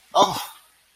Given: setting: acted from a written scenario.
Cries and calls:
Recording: vocal sound without words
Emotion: negative surprise

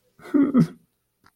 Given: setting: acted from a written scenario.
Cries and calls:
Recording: vocal sound without words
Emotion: sadness

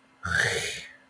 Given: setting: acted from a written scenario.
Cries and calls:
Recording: vocal sound without words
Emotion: guilt

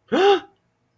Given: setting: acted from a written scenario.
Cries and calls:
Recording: vocal sound without words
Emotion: negative surprise

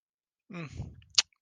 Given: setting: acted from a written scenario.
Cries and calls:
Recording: vocal sound without words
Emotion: neutral

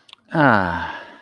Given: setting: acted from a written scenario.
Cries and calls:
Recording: vocal sound without words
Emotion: contentment

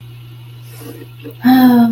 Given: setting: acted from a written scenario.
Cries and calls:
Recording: vocal sound without words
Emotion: sympathy

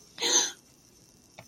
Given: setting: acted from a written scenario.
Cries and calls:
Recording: vocal sound without words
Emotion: fear

